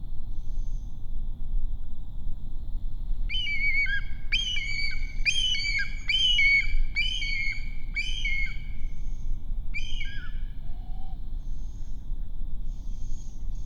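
Bush stone-curlew calls, a run of harsh, harmonic whistled notes repeated rapidly for several seconds, then tapering off, over a steady low background hum.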